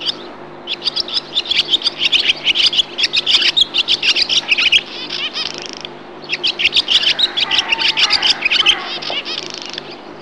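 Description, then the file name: Barn swallow singing a rapid, scratchy twitter in two long bursts separated by a brief pause. "Rauchschwalbe"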